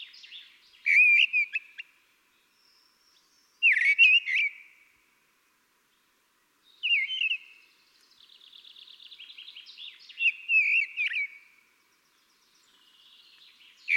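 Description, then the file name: Common blackbird singing a series of fluty warbled phrases with pauses between them, and a soft run of rapid high notes midway. "Turdus merula"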